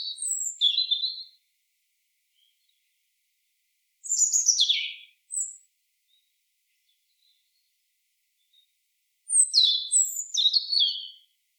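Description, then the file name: European robin delivering high, sparkling phrases of rapid descending notes, three phrase groups spread throughout with quiet pauses. "Erithacus rubecula"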